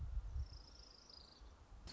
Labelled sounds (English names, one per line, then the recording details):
Orange-crowned Warbler
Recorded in Sonoma County, California